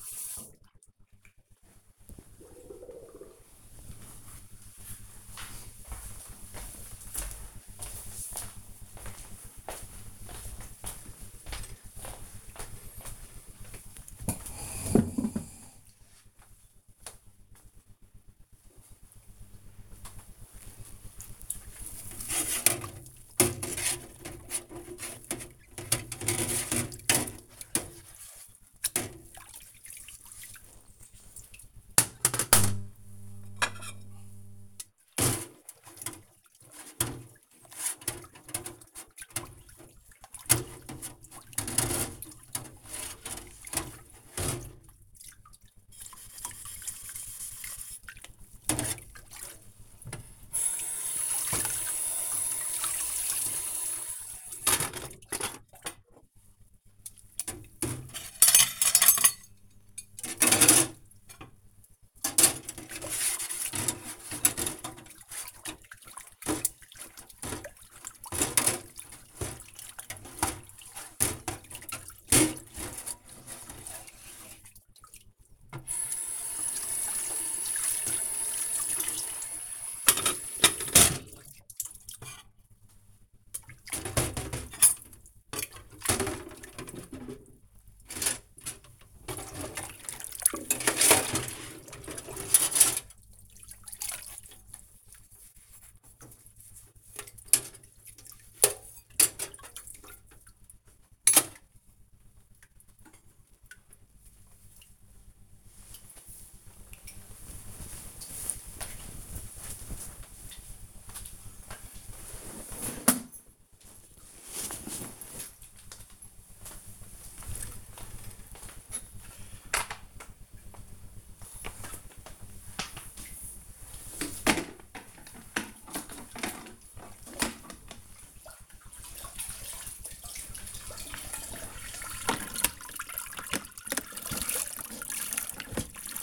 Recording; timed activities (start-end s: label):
household activities, microphone on the right wrist
19.71-102.43 s: washing dishes
121.61-136.23 s: floor cleaning